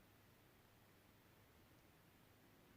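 A new plastic laser toner cartridge for an HP LaserJet Pro P1102w wireless printer is shaken and handled before being pushed into the printer. Only a steady, quiet hiss with faint rustling is heard, with no sharp sounds. Nothing has seated or clicked yet.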